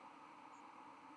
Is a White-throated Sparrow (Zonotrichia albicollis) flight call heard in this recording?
no